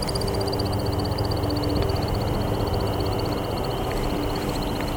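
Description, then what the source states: American woodcock wing twittering, a rapid steady series of high chippy pulses running throughout, over a low rumbling background. Male in courtship display flight at dusk, spiralling up a couple hundred feet; display possibly judged by the female; performed night after night in any weather.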